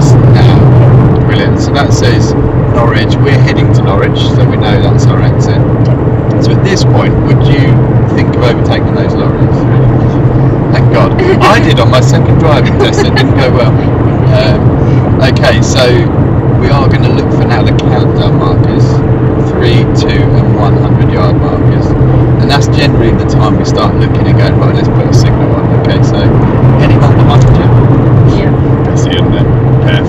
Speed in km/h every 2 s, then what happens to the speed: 87, 87, 89, 89, 90, 92, 92, 90, 89, 87, 89, 89, 90, 90, 90.
0-30 steady at about 89.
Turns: none.